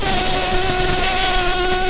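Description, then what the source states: Red-tailed bumblebee buzzing in a steady, unbroken drone with overtones, holding an even pitch throughout, over a loud hiss. Queens.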